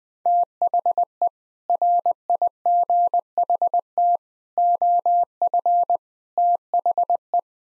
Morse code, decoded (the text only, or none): THE RIGHT OF THE